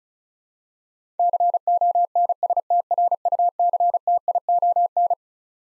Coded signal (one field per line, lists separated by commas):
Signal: Morse code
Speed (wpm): 34 wpm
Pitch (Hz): 700 Hz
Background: none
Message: CONSTRUCTION